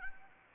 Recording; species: mosquito wingbeat signal from an infrared sensor; Anopheles arabiensis